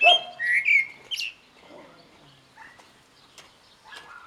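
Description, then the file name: Common blackbird: a loud whistled phrase in the first second and a brief higher note, then softer scattered notes. "Turdus merula"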